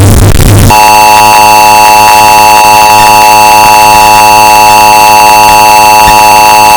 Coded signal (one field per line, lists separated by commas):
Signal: Emergency Alert System (SAME) tones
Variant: 853 and 960 Hz attention tone